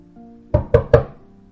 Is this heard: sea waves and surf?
no